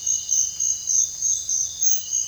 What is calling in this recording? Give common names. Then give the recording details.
none. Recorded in dense forest near Puerto Asís, Putumayo, Colombia, on 18 February 2024 at 06:00. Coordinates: 0.485, -76.322. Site G6406